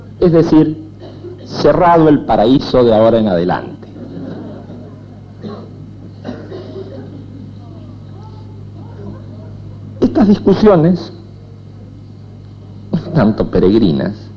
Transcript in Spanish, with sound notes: es decir, «cerrado el paraíso de ahora en adelante» (Risas) Estas discusiones un tanto peregrinas,